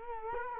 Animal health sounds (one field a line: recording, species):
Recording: mosquito wingbeat signal from an infrared sensor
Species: Culex quinquefasciatus